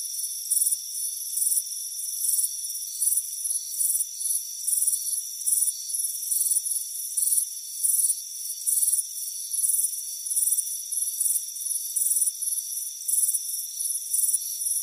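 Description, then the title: Cricket: pulsed high chirps repeating steadily above an unbroken shrill hum. Crickets chirping on a warm afternoon by a front porch. "Soothing Crickets Chirping Sound"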